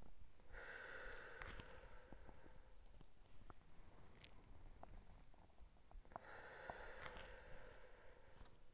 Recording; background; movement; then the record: deep breathing; quiet; sitting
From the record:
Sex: male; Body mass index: 20.6 kg/m2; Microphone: on the chest, facing outward